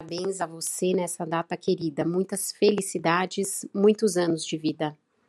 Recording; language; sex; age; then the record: short text; Brazilian Portuguese; female; 40 to 49 years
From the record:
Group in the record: control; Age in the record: 48 years